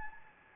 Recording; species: mosquito wingbeat signal from an infrared sensor; Anopheles gambiae